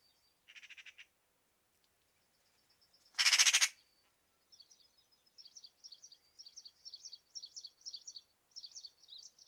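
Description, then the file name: Eurasian magpie giving a loud, harsh call about half a second long after a softer rasp, followed by a run of quick high notes. "Pica pica"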